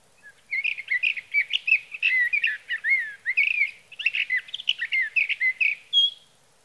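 Sage thrasher song: a long stream of fast warbled and chattering notes running for several seconds, in quiet surroundings.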